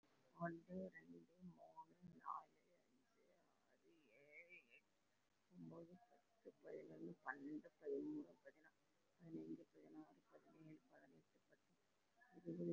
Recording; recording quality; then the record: counting at a normal pace; excellent, no background noise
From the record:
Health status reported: respiratory illness, not identified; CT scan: taken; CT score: 0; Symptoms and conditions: cough, cold, pneumonia, hypertension, diabetes, another condition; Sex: female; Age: 68 years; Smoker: no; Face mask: not worn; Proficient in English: no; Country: India